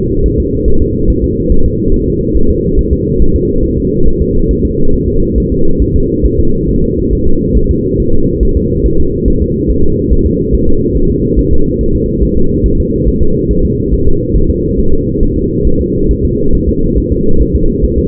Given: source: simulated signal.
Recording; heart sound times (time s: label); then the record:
fetal heart sounds
0.26 s: S1
0.40 s: S2
0.68 s: S1
0.82 s: S2
1.10 s: S1
1.24 s: S2
1.52 s: S1
1.66 s: S2
1.94 s: S1
2.08 s: S2
2.37 s: S1
2.51 s: S2
2.79 s: S1
2.93 s: S2
3.22 s: S1
3.36 s: S2
3.64 s: S1
3.78 s: S2
4.07 s: S1
4.22 s: S2
4.51 s: S1
4.65 s: S2
4.94 s: S1
5.08 s: S2
5.38 s: S1
5.52 s: S2
5.82 s: S1
5.96 s: S2
6.25 s: S1
6.40 s: S2
6.69 s: S1
6.83 s: S2
7.13 s: S1
7.27 s: S2
7.57 s: S1
7.71 s: S2
8.00 s: S1
8.14 s: S2
8.43 s: S1
8.57 s: S2
8.86 s: S1
9.00 s: S2
9.28 s: S1
9.42 s: S2
9.70 s: S1
9.84 s: S2
10.12 s: S1
10.27 s: S2
10.55 s: S1
10.69 s: S2
10.97 s: S1
11.11 s: S2
11.39 s: S1
11.53 s: S2
11.81 s: S1
11.95 s: S2
12.23 s: S1
12.37 s: S2
12.66 s: S1
12.80 s: S2
13.08 s: S1
13.22 s: S2
13.51 s: S1
13.65 s: S2
13.94 s: S1
14.08 s: S2
14.36 s: S1
14.50 s: S2
14.79 s: S1
14.94 s: S2
15.23 s: S1
15.37 s: S2
15.67 s: S1
15.81 s: S2
16.11 s: S1
16.25 s: S2
16.55 s: S1
16.69 s: S2
16.98 s: S1
17.12 s: S2
17.41 s: S1
17.56 s: S2
17.84 s: S1
17.99 s: S2
From the record:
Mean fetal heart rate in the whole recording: 140 bpm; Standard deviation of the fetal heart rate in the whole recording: 2 bpm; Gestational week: 34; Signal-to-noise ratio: -19.1 dB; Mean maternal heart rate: 72 bpm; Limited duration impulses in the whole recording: present